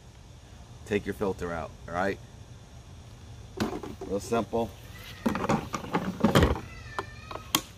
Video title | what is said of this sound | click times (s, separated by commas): Ridgid 18v Cordless NXT 9 Gal. Cordless Wet/Dry Shop Vacuum Review (HDO918) | easy to lock this on, guys. Snaps right in. | 7.6 s